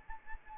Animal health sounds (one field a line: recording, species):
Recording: mosquito wingbeat signal from an infrared sensor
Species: Anopheles arabiensis